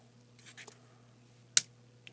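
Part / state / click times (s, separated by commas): plastic support clip onto the rear-view-mirror part of a transforming toy figure / seated / 1.6 s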